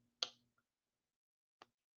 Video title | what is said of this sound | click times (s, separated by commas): The Fastest Way to Create a Best Seller In 30 Days with Anna Beck | And you hear that snap. So that's how they connect. | 0.2 s